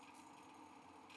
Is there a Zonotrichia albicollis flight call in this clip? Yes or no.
no